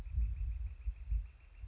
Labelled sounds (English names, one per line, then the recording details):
Northern Flicker
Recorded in Sonoma County, California